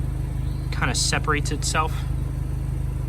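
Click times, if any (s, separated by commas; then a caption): none. Someone talks while handling the plastic drain fitting of the soft-top rain rail on a 2016–24 Mazda MX-5 Miata (ND), which has been separated by pushing down its clip and wiggling it out. A steady low hum runs underneath throughout. Nothing has seated or clicked yet.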